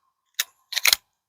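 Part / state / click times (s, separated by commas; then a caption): fixed-blade knife into kydex sheath / seated / 0.4 s. An Exodus 4 fixed-blade knife from Exodus Knife and Tool is pushed into its molded kydex sheath and snaps into the retention with a sharp click at 0.4 s. A denser cluster of sharp, bright clicks follows from about 0.7 to 1.0 s. The blade is seated securely with positive click retention.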